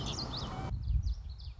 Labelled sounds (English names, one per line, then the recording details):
Common Yellowthroat
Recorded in Sonoma County, California